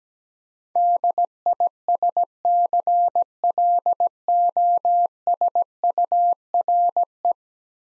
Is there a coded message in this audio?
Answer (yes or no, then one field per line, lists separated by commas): yes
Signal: Morse code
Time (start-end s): 0.8-7.3 s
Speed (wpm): 17 wpm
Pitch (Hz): 700 Hz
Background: none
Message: DISCLOSURE